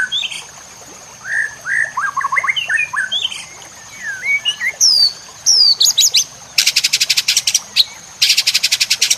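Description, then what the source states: White-rumped shama song: varied clear whistles, rising and falling slurred notes, then rapid buzzy trilled bursts in quick series, over a steady high-pitched tone. Masteran (training recording for cage birds) of white-rumped shama, locally murai batu, labelled labaik.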